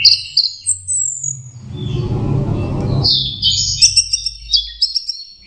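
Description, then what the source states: Orange-headed thrush song: high, sharp whistled and chattering phrases at the start and end, broken by a low rushing noise in the middle. Master recording for training Anis Kembang birds; orange-headed thrush 'teler' song style, version 4.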